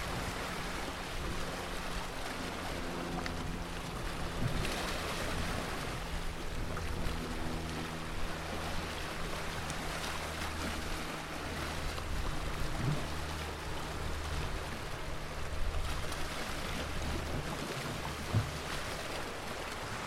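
Water washes and slaps against the piers in a steady, dense rush that fills the whole clip, with swells rising around five and sixteen seconds. A low engine-like drone hums underneath throughout, and a sharp knock stands out near eighteen seconds.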